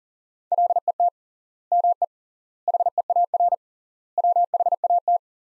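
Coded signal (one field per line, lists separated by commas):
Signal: Morse code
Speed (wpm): 40 wpm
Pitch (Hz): 700 Hz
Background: none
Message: LET ME HEAR WHAT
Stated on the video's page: Practice sentences from top 300 words sent at 40 wpm with three times standard word spacing, a word-level analogue of Farnsworth spacing.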